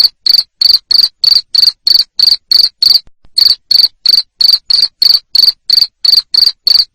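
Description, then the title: Cricket chirps, sharp and high, come in an even run of roughly three per second, broken once by a short gap near the three-second mark. Loud cricket chirping played to stimulate lovebirds to keep singing (ngekek). "Suara JANGKRIK NGERIK Keras Bikin LOVEBIRD Jadi NGEKEK Terus Vubey"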